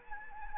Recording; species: mosquito wingbeat signal from an infrared sensor; Anopheles gambiae